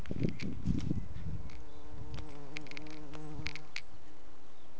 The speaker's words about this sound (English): That was a bee at a Scottish castle. Did you hear the bee? It was like... The Scottish bee, huh?